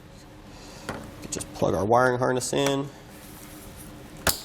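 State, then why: Seated. Someone talks while the vehicle's plastic wiring harness connector on a 2018 Kia Sportage, installed with a Curt T-Connector vehicle wiring harness, is pushed into the socket on the back of the taillight housing. A brief tap is heard near 0.9 s, then a sharp click at 4.3 s as the connector seats.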